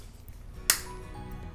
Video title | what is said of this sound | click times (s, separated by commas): Black Dog Black Reserve Whisky Review - Tips for Andaman and Nicobar Islands Hindi @TheMadhushala | अति खूबसूरत एक click की आवाज आई। | 0.7 s